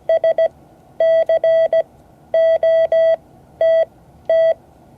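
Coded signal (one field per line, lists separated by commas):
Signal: Morse code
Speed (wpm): 17 wpm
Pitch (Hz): 660 Hz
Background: none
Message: SCOTT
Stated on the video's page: Morse code class session, part 10 of 12.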